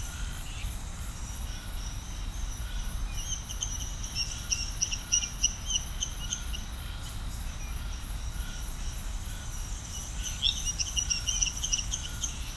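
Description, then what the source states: Frogs calling in a chorus with quick runs of bright chirps in two bursts, beneath a constant high pulsing insect drone and low background rumble. Chorus of frogs recorded at Serrinha do Alambari, Brazil.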